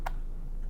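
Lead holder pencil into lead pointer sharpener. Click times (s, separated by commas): 0.1 s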